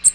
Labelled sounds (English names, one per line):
American Redstart flight call